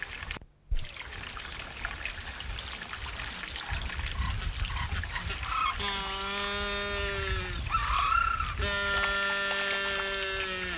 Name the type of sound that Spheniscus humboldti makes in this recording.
call